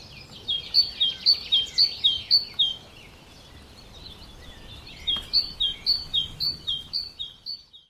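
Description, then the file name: Great tit calling in two bouts of rapid two-note phrases, high then lower notes, with a short gap between, plus light background noise. "Parus major"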